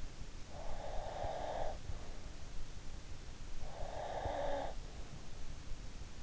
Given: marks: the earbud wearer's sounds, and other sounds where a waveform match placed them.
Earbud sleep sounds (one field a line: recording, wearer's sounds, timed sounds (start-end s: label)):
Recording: sounds in sleep by an in-ear microphone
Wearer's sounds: breath, snoring breath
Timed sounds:
0.54-1.81 s: breath
3.70-4.80 s: snoring breath